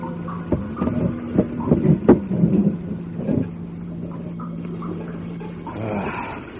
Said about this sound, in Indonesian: tiba-tiba saja pintu batu itu terbuka.